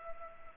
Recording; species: mosquito wingbeat signal from an infrared sensor; Culex pipiens